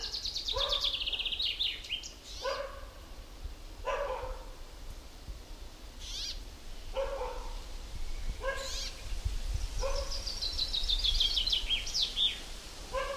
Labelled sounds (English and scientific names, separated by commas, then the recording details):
Common Chaffinch (Fringilla coelebs)
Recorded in the wild
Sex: male
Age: adult
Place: Halbinsel Kindo, Karelien, RU
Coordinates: 66.5486, 33.1206
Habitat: taiga
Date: 1990-07-02 19:22
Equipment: Uher 4000 Report Monitor, Sennheiser MKH 416 T
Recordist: Frommolt, Karl-Heinz